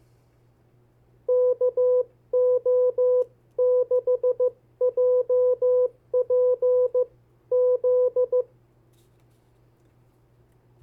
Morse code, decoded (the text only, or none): KO6JPZ